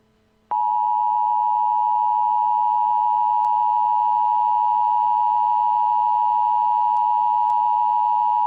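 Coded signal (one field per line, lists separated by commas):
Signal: Emergency Alert System (SAME) tones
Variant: 853 and 960 Hz attention tone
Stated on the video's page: Fictional end-of-the-world EAS alert scenario depicting the final moments before global war.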